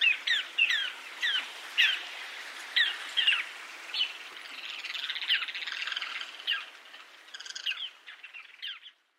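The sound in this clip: Ruddy Turnstone calls, a series of sharp, high chattering notes that merge into a busy twittering run.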